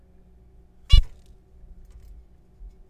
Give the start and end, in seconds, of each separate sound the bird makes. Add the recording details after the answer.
0.90-0.99. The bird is a juvenile. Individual R3428